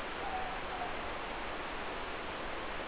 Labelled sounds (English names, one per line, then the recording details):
Morepork more-pork call
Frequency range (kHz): Morepork 0.5-0.9 kHz
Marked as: faintness 3/5
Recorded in New Zealand
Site Eglinton